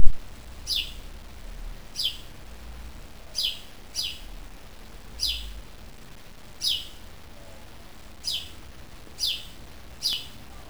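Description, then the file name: Bird calls: a thin, high, sharply falling note repeated about nine times at uneven intervals, over a steady low rumble. "uccellino"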